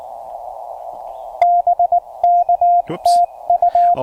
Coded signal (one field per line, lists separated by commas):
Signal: Morse code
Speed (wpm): 19 wpm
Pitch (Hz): 690 Hz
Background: speech, radio noise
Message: BKTU